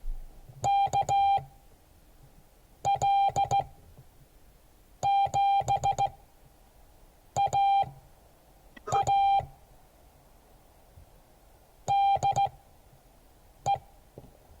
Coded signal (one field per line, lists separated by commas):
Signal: Morse code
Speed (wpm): 15 wpm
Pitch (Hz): 790 Hz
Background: none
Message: KL7AA DE